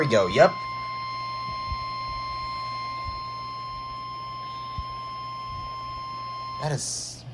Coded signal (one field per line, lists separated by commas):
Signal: Emergency Alert System (SAME) tones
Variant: 1050 Hz attention tone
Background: speech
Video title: SIX... SIX RADIOS UNBOXED AND SET UP... (10/1/20 & 10/5/20)